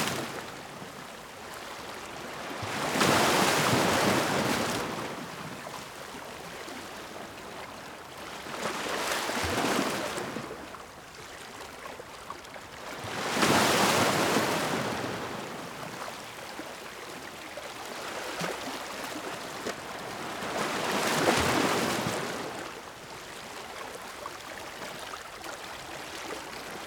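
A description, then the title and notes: Waves crash on rocks in four big surges, near the 3, 9, 14 and 21 second marks, each a roaring wash of spray that swells and slowly drains away. Between them a softer, steady hiss of churning water continues, fairly bright. Waves Crashing on the Rocks.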